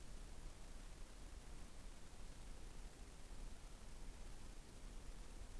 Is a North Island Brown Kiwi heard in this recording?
no